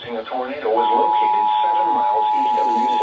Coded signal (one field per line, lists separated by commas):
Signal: Emergency Alert System (SAME) tones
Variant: 853 and 960 Hz attention tone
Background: speech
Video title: MODERATE RISK TERROR! EAS Alerts from 11-4-2022 to 11-5-2022. (EAS #730 - #781)